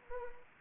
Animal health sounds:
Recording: mosquito wingbeat signal from an infrared sensor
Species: Anopheles arabiensis

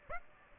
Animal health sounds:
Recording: mosquito wingbeat signal from an infrared sensor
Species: Aedes aegypti

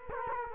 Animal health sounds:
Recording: mosquito wingbeat signal from an infrared sensor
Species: Culex quinquefasciatus

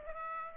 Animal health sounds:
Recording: mosquito wingbeat signal from an infrared sensor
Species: Aedes aegypti

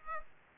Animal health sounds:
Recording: mosquito wingbeat signal from an infrared sensor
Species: Aedes aegypti

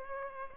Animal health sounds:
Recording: mosquito wingbeat signal from an infrared sensor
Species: Culex pipiens

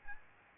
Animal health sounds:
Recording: mosquito wingbeat signal from an infrared sensor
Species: Aedes albopictus

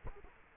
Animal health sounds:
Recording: mosquito wingbeat signal from an infrared sensor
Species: Culex quinquefasciatus

